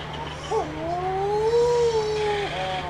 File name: Wedge-tailed Shearwater